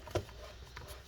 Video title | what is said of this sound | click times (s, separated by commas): Dell Inspiron 13 7000 7391 2-in-1 Disassembly SSD Hard Drive Upgrade Battery Fan Replacement Repair | clip all the sides in | 0.2 s, 0.8 s